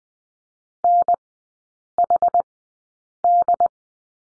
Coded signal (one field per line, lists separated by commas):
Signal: Morse code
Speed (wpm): 20 wpm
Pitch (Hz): 700 Hz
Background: none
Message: NHD